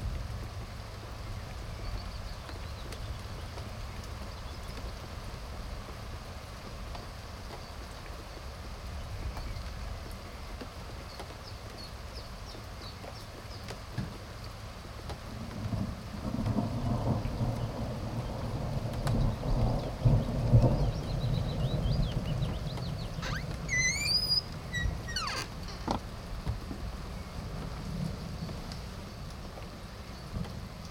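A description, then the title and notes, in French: Rain patters on a wooden terrace in a steady, soft wash of fine drops. A low rumble of thunder swells from about 15 to 23 seconds, then fades. Around 23 to 25 seconds a few quick, bright bird chirps cut through. Petit orage du soir. La pluie joue avec le bois de la terrasse, le tonnerre gronde au loin.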